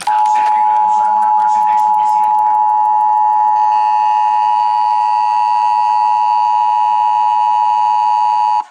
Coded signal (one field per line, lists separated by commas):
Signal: Emergency Alert System (SAME) tones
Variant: 853 and 960 Hz attention tone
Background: speech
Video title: EAS #28-29 - NATIONAL EAS TEST ON TV AND RADIO! + WEA Fail